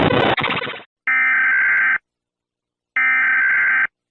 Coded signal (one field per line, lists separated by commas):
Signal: Emergency Alert System (SAME) tones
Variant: header bursts